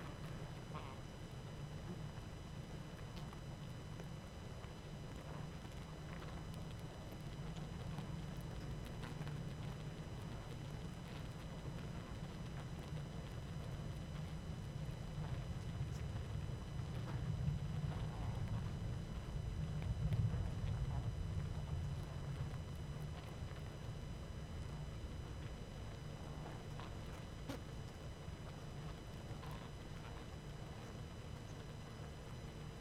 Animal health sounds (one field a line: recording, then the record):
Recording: honeybee colony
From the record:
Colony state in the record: active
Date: 12 June 2018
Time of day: 19:20